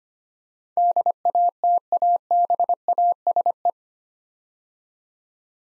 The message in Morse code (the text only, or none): DATABASE